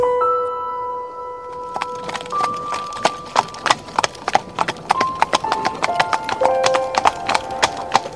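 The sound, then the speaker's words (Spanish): Horse hooves clip-clop in a steady, quickening rhythm of sharp knocks as a coachman's horse-drawn coach comes along, with bright ringing tones sounding over the hoofbeats throughout. “Es el cochero. Vamos. Aprovechemos para que nos lleve hasta tu casa.”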